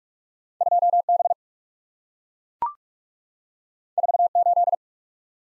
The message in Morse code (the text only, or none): 2B 48